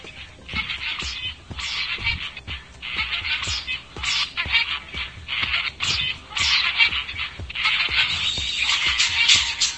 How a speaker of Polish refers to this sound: Ja bym chciał wystartować w konkursie na dzwonek. Mhm. No. Zaprezentuję dwa. Proszę? Dzwonek, który przerobiłem. Zaprezentuję dzwonki, dobra? Okej. Okay. Mhm. To jest pierwszy.